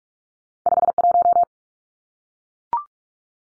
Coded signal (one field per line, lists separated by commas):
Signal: Morse code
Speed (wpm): 44 wpm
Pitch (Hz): 700 Hz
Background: none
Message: 51